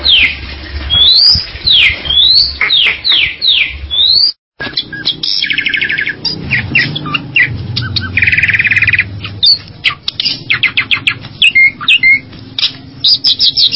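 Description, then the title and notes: Bali myna song opening with repeated swooping whistled notes, then harsh rattles, buzzy bursts and quick chattering notes. "Jalak Bali 2. Kicau Burung Jalak"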